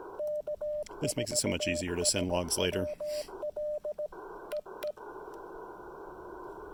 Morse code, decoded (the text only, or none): K4SWL EE